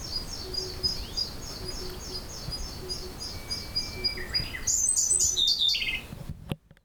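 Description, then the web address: Siberian blue robin song: a thin, level whistle, then a loud burst of rapid high notes, over steady repeated high chirping. "bird song koruri"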